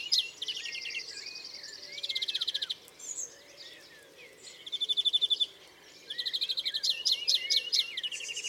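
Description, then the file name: European greenfinch giving bursts of fast, even trills of repeated notes, interspersed with short twitters and sliding chirps. "Chloris chloris"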